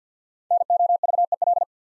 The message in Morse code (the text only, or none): NOVEL